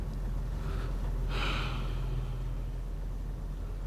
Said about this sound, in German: Es tut gut, die kalte Nachtluft zu atmen.